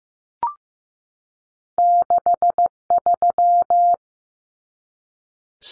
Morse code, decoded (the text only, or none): 63